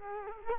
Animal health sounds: mosquito wingbeat signal from an infrared sensor; Culex quinquefasciatus

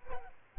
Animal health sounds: mosquito wingbeat signal from an infrared sensor; Aedes albopictus

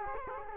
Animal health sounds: mosquito wingbeat signal from an infrared sensor; Culex quinquefasciatus

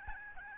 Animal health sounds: mosquito wingbeat signal from an infrared sensor; Aedes albopictus

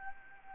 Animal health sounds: mosquito wingbeat signal from an infrared sensor; Anopheles gambiae

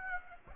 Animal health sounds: mosquito wingbeat signal from an infrared sensor; Aedes aegypti

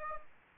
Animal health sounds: mosquito wingbeat signal from an infrared sensor; Aedes aegypti

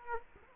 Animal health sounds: mosquito wingbeat signal from an infrared sensor; Culex quinquefasciatus

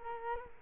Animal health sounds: mosquito wingbeat signal from an infrared sensor; Culex quinquefasciatus

